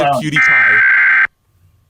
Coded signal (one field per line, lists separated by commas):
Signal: Emergency Alert System (SAME) tones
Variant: header bursts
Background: speech